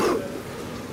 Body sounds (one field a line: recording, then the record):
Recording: coughing mixed with background sound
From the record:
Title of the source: Coughing 77